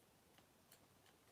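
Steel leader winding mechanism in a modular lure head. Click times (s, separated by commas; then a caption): 0.4 s, 0.7 s. A steel leader is wound into a SpoolTek modular lure head with a dial on the side until it sits flush with the head. Two short, sharp ticks at 0.4 s and 0.7 s stand out over a steady low background hiss. The leader clicks into place and stays locked.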